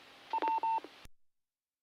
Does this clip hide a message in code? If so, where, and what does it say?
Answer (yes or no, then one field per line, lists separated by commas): no